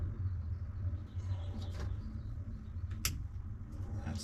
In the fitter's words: that's the click okay so now got our guy